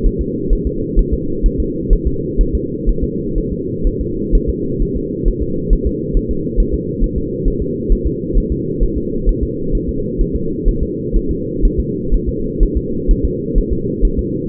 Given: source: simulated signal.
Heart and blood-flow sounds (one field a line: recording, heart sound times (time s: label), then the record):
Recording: fetal heart sounds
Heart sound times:
0.06 s: S1
0.21 s: S2
0.53 s: S1
0.67 s: S2
0.99 s: S1
1.13 s: S2
1.46 s: S1
1.60 s: S2
1.93 s: S1
2.07 s: S2
2.41 s: S1
2.55 s: S2
2.89 s: S1
3.04 s: S2
3.38 s: S1
3.52 s: S2
3.87 s: S1
4.01 s: S2
4.35 s: S1
4.49 s: S2
4.82 s: S1
4.97 s: S2
5.28 s: S1
5.42 s: S2
5.73 s: S1
5.87 s: S2
6.17 s: S1
6.31 s: S2
6.60 s: S1
6.74 s: S2
7.04 s: S1
7.18 s: S2
7.48 s: S1
7.62 s: S2
7.92 s: S1
8.07 s: S2
8.38 s: S1
8.52 s: S2
8.83 s: S1
8.98 s: S2
9.29 s: S1
9.43 s: S2
9.75 s: S1
9.89 s: S2
10.21 s: S1
10.36 s: S2
10.68 s: S1
10.83 s: S2
11.17 s: S1
11.31 s: S2
11.65 s: S1
11.80 s: S2
12.14 s: S1
12.29 s: S2
12.63 s: S1
12.77 s: S2
13.11 s: S1
13.25 s: S2
13.58 s: S1
13.73 s: S2
14.05 s: S1
14.19 s: S2
From the record:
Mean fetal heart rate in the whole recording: 130 bpm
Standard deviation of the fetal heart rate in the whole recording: 4 bpm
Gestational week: 38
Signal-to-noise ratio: -6.6 dB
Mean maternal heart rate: 72 bpm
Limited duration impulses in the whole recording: present